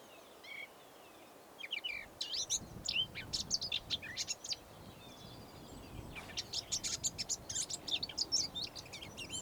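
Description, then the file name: Eurasian blackcap song, a busy scratchy warble of quick high notes that starts after a quiet opening and continues in dense bursts to the end. "Sylvia atricapilla"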